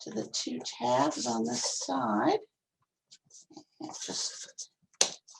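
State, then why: Seated. A craft-kit birdhouse roof panel has its slots fitted over two tabs on the house walls and is pressed until it snaps in. Someone talks at the start, and then a sharp snap is heard at 5.0 s. The roof panel seats in place, confirmed by the snap heard right afterwards.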